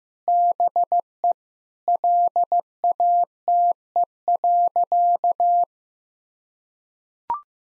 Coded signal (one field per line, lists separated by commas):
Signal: Morse code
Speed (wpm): 16 wpm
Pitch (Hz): 700 Hz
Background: none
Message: BE LATE.